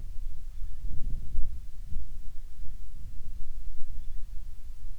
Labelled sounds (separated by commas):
wind